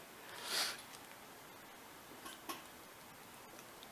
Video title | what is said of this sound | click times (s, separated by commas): Hummer H1 Gear Hub Assembly | oh and it did not click and it moved that's not a good sign | none